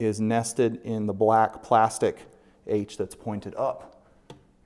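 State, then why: Seated. A metal drawer rail, with its H portion nested in a black plastic H bracket that points up, is pushed into place while someone talks. It goes in a little rough, then a single sharp tick at 4.3 s shows the rail has clicked and seated in the bracket.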